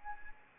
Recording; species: mosquito wingbeat signal from an infrared sensor; Anopheles arabiensis